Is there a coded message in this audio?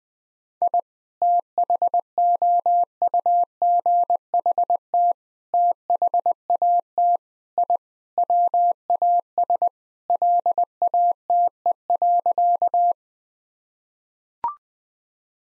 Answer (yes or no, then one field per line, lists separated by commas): yes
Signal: Morse code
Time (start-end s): 0.6-12.9 s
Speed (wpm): 20 wpm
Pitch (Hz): 700 Hz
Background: none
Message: I THOUGHT THAT I WAS LATE.